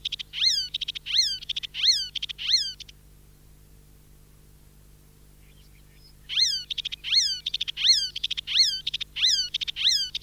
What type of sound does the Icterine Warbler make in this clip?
song